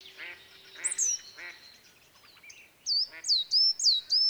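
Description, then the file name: Great tit calls: a few harsh, buzzy rasping notes, then a quick series of sharp, high, downslurred chipping notes repeated about every quarter second. "Parus major"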